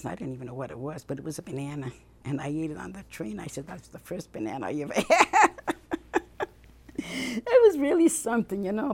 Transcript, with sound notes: And I didn't even know what it was, but it was a banana, and I eat it on the train. I said, "That's the first banana I ever had." ( she laughs ) That was really something, you know.